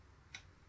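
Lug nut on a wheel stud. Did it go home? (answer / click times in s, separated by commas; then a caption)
yes / 0.3 s. A lug nut is pushed onto a wheel stud and turned backwards in the loosening direction until its threads drop into line, giving a single short, sharp click at 0.4 s over a quiet low hum. The click confirms the threads are lined up and seated, ready for tightening.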